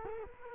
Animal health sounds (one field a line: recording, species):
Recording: mosquito wingbeat signal from an infrared sensor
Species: Culex quinquefasciatus